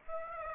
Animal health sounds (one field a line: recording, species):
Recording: mosquito wingbeat signal from an infrared sensor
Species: Aedes aegypti